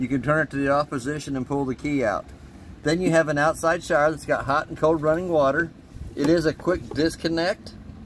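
Someone talks while handling the outdoor shower hose's quick-disconnect fitting at the hot-and-cold outside shower port in the exterior compartment of a 2021 East to West Della Terra 292MK travel trailer. The hose is being brought to the fitting, but it has not clicked into place or seated yet.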